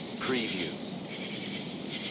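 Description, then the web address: Crickets calling in a steady high shrill trill, plus a brief rising sweep near the start. Crickets calling at night in savannah. "lynne-publishing Night Crickets Savannah"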